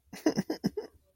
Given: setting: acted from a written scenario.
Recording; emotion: vocal sound without words; sadness